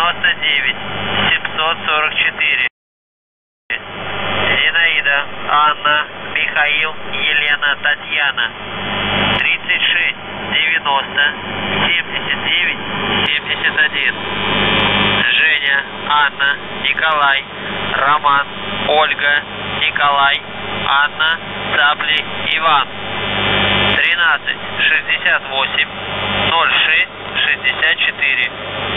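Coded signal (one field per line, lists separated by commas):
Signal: numbers station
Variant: UVB-76, Russian voice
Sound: russian voice reading phonetic-alphabet names and number groups over buzzing radio static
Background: radio static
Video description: 00:05 - НЖТИ 99744 ЗАМЕТ 3690 7971 ЖАНРОНАЦИ 1368 0664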